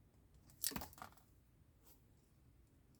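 A plastic/metal footpeg assembly part is positioned on the fragile area of a 1:4 scale Valentino Rossi Yamaha YZR model motorcycle frame and pressed into place. A sharp snap at 0.7 s is followed by a short crunchy clatter through about 1.0 s before quiet returns. The footpeg part is seated.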